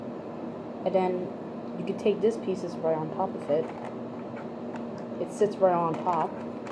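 A plastic accessory piece is being set on top of a VR headset while someone talks. Only speech and faint handling sounds over a steady low hum are heard. Nothing has seated or clicked yet.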